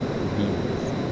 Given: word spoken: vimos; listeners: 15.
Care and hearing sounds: one Spanish word in noise, from a listening test; speech-shaped noise; -4.3 dB; 3 of 15; 6 of 15; 0.73 s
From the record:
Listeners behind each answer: 6, 3, 2, 1, 1, 1, 1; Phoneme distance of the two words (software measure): 10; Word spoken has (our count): 2 syllables, 5 phonemes, stress on syllable 1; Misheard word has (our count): 2 syllables, 5 phonemes, stress on syllable 1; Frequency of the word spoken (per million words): 17.86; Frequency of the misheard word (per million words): 18.53

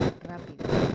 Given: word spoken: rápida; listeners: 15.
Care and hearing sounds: one Spanish word in noise, from a listening test; noise modulated by one talker; -11.5 dB; 0 of 15; 14 of 15; 0.55 s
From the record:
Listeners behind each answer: 14, 1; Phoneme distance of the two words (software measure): 10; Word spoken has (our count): 3 syllables, 6 phonemes, stress on syllable 1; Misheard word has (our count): 3 syllables, 6 phonemes, stress on syllable 1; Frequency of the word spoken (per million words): 36.01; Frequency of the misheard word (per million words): 53.16

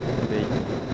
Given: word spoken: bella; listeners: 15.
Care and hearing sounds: one Spanish word in noise, from a listening test; noise modulated by three-talker babble; -4.9 dB; 1 of 15; 6 of 15; 0.54 s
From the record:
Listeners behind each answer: 6, 1, 1, 1, 1, 1, 1, 1, 1, 1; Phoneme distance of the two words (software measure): 10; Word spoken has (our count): 2 syllables, 4 phonemes, stress on syllable 1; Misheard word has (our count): 2 syllables, 4 phonemes, stress on syllable 1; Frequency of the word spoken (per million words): 27.39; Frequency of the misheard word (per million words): 19.54

